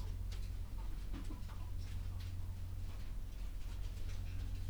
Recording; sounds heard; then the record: poultry house recording; sick chickens (respiratory disease)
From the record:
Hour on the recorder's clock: 11